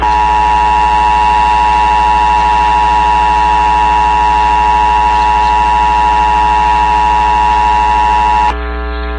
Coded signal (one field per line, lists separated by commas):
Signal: Emergency Alert System (SAME) tones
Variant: 853 and 960 Hz attention tone